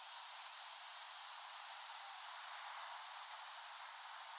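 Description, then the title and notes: Cicadas making a steady buzzing drone, with short thin high chirps repeating a few times above it. Cicadas recorded in West Brighton, Staten Island, late summer 2008. "Recording of cicadas made by Dan Bodah in West Brighton, Staten Island, late summer 2008."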